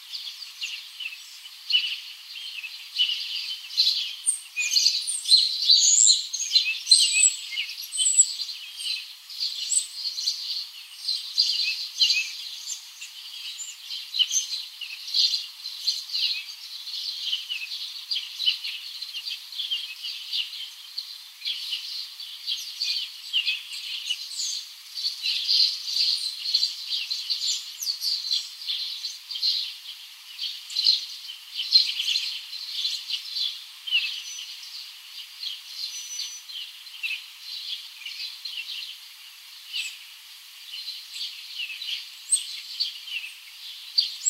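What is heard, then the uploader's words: Many forest birds chirp, tweet and trill together in a dense, continuous chorus lasting the whole stretch. The calls are high and thin, with nothing low underneath, and rapid overlapping notes rise a little louder around the five to ten second mark. Forest Birds. The melodic songs of various bird species. The chirping, tweeting, and trilling sounds.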